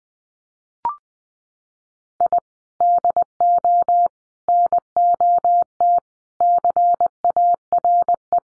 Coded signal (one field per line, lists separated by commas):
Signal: Morse code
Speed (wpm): 20 wpm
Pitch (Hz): 700 Hz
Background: none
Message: I DO NOT CARE